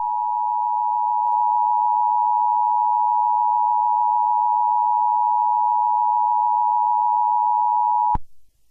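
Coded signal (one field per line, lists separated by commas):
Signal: Emergency Alert System (SAME) tones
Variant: 853 and 960 Hz attention tone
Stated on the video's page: Fictional EAS scenario, a made-up alert about SCP 096.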